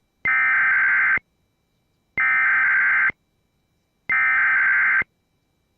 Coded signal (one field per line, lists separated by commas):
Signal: Emergency Alert System (SAME) tones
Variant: header bursts